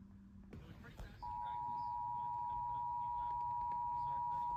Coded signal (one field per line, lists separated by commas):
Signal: Emergency Alert System (SAME) tones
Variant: 853 and 960 Hz attention tone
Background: speech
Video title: (EAS #2,428 - #2,444) WHEN WNG549 BREAKS - EAS Alerts from 7/10/25